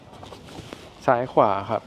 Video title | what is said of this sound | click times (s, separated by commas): รีวิวจัดเต็ม รถ Streamliner neptune ( mobile foodtruck ) มีหลายขนาดเลือกได้ตามการใช้งาน | จะมีตัวล็อคนะครับเราก็กดล็อคซ้าย | 0.7 s